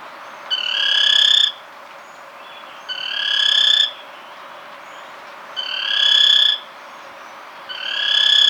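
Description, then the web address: Spillmann's tapaculo repeating a loud trill roughly every two and a half seconds, each burst lasting about a second and growing louder. Ecuador. "Birds of Ecuador 2. Spillmann's Tapaculo"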